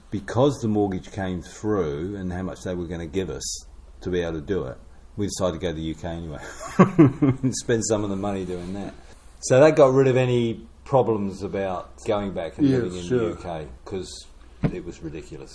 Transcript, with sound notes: because the mortgage came through and how much they were going to give us to be able to do it. We decided to go to the UK anyway, – [chuckle] spend some of the money doing that. So that got rid of any problems about going back and living in the UK, ‘cause it was ridiculous.